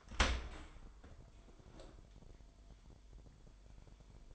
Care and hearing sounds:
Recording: daily activity, microphone in the room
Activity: open dishwasher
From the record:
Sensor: 5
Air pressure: 998.3 hPa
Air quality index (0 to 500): 87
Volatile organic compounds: 2 ppm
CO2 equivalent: 994 ppm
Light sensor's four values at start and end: 19/45/19/21 and 19/46/19/21

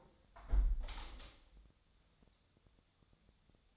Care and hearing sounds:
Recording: daily activity, microphone in the room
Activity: close window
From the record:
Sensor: 3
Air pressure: 1014.9 hPa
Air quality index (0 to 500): 28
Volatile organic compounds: 1 ppm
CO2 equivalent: 522 ppm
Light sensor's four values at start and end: 10/23/9/9 and 10/23/9/9

